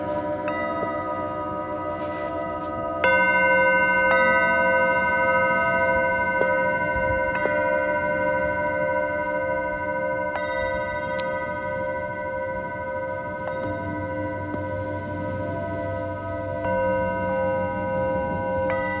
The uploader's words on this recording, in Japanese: 秋分メキシコから シンギングボウルのサウンドヒーリング。